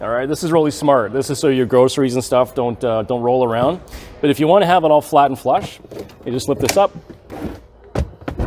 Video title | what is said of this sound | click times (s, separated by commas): 2020 Honda Pilot Black Edition - Exterior, Interior and Features | it locks in place there | 8.0 s, 8.3 s